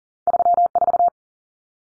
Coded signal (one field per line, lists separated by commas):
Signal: Morse code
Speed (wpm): 40 wpm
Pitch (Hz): 700 Hz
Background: none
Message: 34